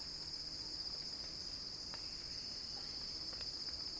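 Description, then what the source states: Cicadas in a dense, shrill, constant buzz, with a couple of soft ticks. Cicada crescendo; recorded by Axel Drioli.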